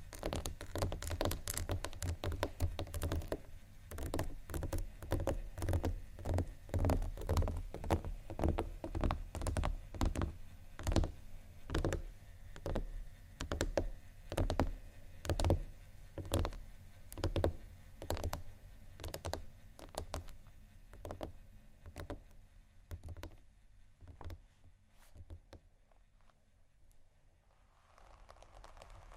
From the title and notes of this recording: ASMR 2 Magic Textures (scratching, Tapping)（No Talking）.